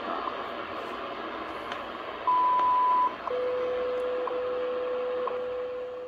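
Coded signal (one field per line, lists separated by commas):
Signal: radio time signal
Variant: WWV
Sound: hiss, a one-second-long high beep, then a steady lower tone with ticks each second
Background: radio static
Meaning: The 0.8-second 1000 Hz tone marks the start of a new minute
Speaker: best frequency is 25 right now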